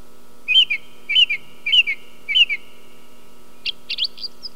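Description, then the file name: Song thrush singing a slurred whistled phrase four times in a row, followed by a few brief scratchy high notes. "grive musicienne"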